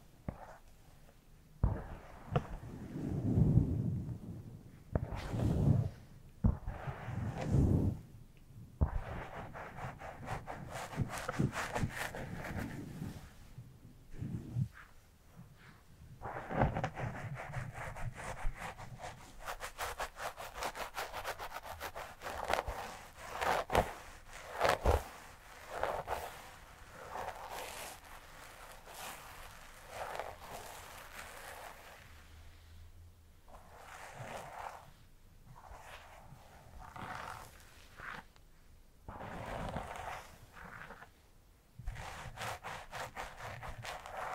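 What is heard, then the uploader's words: Hair brushing and scalp massage give dense, irregular scratchy strokes, with a few low thumps near the start and brief pauses throughout. ASMR Tingly Hairplay Brushing, Scalp Massage, Haircut (No Talking).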